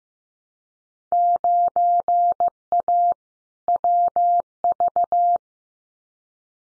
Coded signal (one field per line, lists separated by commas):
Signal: Morse code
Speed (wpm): 15 wpm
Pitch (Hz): 700 Hz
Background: none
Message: 9A WV